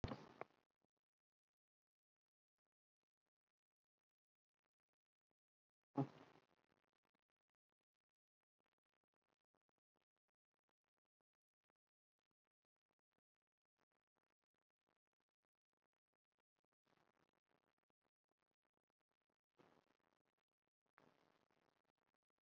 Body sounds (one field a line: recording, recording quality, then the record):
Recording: shallow breathing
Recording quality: poor, much background noise or distortion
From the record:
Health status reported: COVID-19 positive, mild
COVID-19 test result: positive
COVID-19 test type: RT-PCR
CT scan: not taken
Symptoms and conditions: fever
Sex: male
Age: 34 years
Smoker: no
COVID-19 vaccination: one dose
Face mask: not worn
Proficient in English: no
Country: India